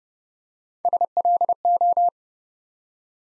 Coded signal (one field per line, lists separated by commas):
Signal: Morse code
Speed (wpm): 29 wpm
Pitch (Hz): 700 Hz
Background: none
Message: SLO